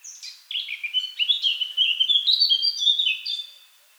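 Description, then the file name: Eurasian blackcap song: brief scratchy notes lead into a sustained, melodious warble of clear whistles rising slightly, then tailing off. "Sylvia atricapilla"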